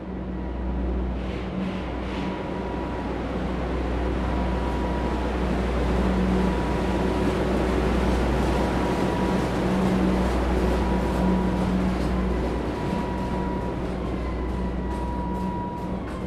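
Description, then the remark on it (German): A steady, heavy rumble of a construction train passing through a tunnel beneath a work platform, with a deep low drone, faint tonal hums and a dense metallic clatter holding at constant loudness throughout, no voices. “sodass auf den inneren beiden Schwellen der Zug unter dem Wurm durchfahren kann. Das hören wir gerade.”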